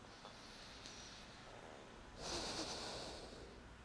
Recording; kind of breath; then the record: one breath in and out by a microphone near the nose and mouth; deep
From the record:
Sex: male